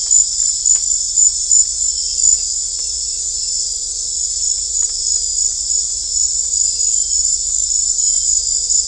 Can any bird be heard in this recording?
no